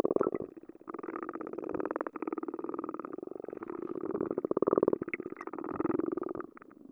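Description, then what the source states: Frogs calling underwater, a dense run of rapid rattling pulses that swells and fades in bursts. Underwater, with a hydrophone; multiple frogs.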